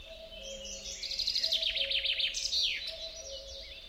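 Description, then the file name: Common chaffinch song: a fast, bright trill of repeated notes, then a quick downward-sweeping flourish at the end, over a steady low hum. "Fringilla coelebs"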